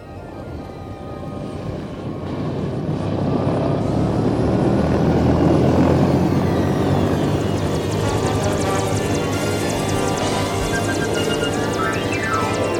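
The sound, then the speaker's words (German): A helicopter's engine drones steadily, swelling louder after a couple of seconds and then holding a dense, rumbling whir with a faint high whine riding on top. No one speaks. “Jetzt eilen sie wieder zum Hubschrauber.”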